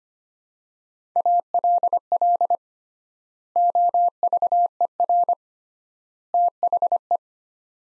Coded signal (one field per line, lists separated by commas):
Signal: Morse code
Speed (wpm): 25 wpm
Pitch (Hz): 700 Hz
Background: none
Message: ALL OVER THE